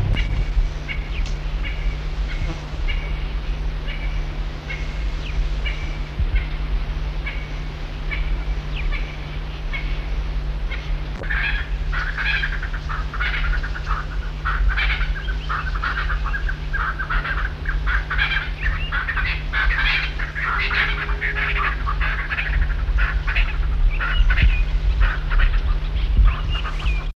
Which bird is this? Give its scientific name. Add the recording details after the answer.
Pternistis adspersus. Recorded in the wild. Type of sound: call. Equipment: Halbspur, 9,5 cm/s. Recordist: Lütgens, Hans. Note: Zunächst aufgeschreckt